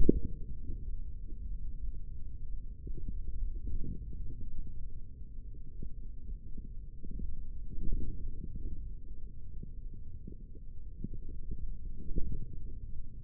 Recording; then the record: forearm muscle sounds (acoustic myography)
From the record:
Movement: hand opening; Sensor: system 3, bracelet of six PUI Audio POM-2738L microphones around the upper forearm, with dedicated amplification and filtering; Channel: 6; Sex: male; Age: 43 years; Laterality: right